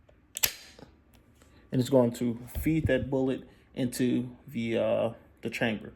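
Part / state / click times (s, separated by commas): pistol slide and barrel locking into battery in the frame / seated / 0.4 s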